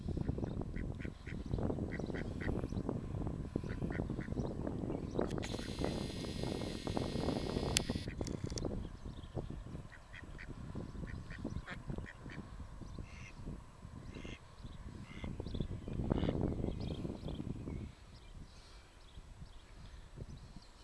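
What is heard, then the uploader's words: Ducks on a river bank keep up a busy stream of quacks and low chatter, loudest in the first eight seconds. Around five to eight seconds a hissing splash or flurry of wings cuts through, and a steady rush of water runs beneath throughout. Enten an der Saalach.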